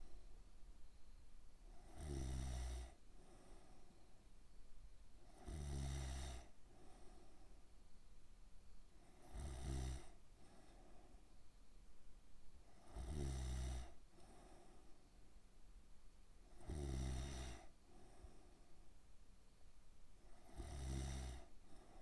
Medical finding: Snore.